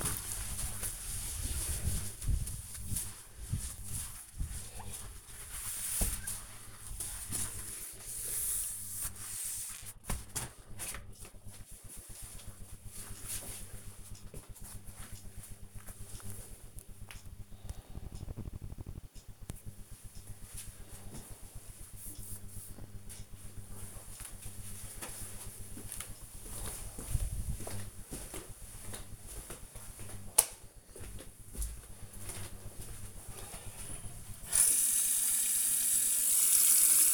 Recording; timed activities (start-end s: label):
household activities, microphone on the right wrist
0.00-10.10 s: window cleaning
35.25-37.13 s: washing hands